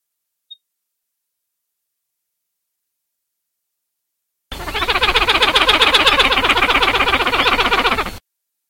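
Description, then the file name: Pied-billed grebe call: after a long silence, a rapid, even series of harsh pulsed notes rattles on for almost four seconds, then stops abruptly. "Podilymbus podiceps - Macá pico grueso"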